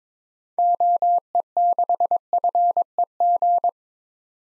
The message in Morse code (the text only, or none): OE6FEG